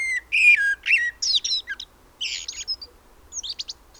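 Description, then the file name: Common blackbird song opening with a rich fluty whistle, followed by a jumble of squeaky, scratchy twitters and a few thin high notes. "Turdus merula"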